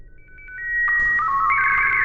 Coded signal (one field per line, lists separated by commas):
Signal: SSTV (slow-scan television)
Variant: Scottie 1